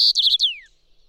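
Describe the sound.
White-crowned sparrow song fragment: a clear, steady high whistle, then three quick chirping notes and a long downward-sliding slur, with quiet background and no other sounds.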